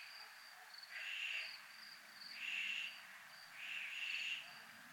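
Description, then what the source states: Crickets give short, high chirps in quick succession, with three broader buzzy swells. Recorded in a military zone.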